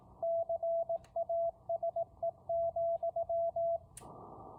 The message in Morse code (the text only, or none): CASE,